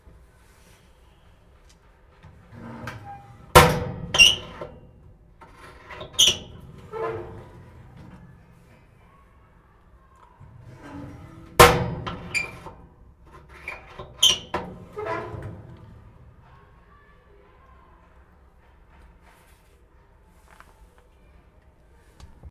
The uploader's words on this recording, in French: Bruit de casier. Bruit capté par les élèves de 6ème du collège Pierre Sémard de Bobigny, lors de l'initiation à la prise de son.